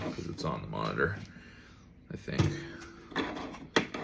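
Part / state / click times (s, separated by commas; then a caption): plastic cover plate onto the monitor back / seated / 3.8 s. A flimsy plastic rear cover plate is pressed onto the back of a Samsung G30 Odyssey 27-inch monitor while someone talks. Faint rubbing and handling sounds build until a sharp plastic snap at 3.8 s, followed by a softer knock just after. The plate seats into place.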